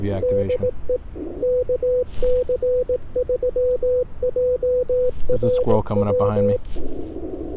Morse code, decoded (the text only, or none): DE KC3JRW